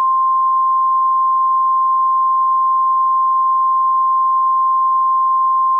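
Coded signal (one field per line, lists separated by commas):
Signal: Emergency Alert System (SAME) tones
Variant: 1050 Hz attention tone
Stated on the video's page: Simulated, self-made Emergency Alert System test themed on MS-DOS, a recreation rather than a real broadcast.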